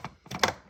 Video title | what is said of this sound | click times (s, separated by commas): Disney Pixar Cars Global Racers Cup GRC Jumping Raceway McQueen & Francesco Mattel Playset Unboxing | that will click in right there | 0.4 s